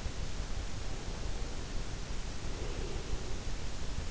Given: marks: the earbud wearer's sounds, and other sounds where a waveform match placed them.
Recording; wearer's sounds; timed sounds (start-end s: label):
sounds in sleep by an in-ear microphone; breath
0.86-3.55 s: breath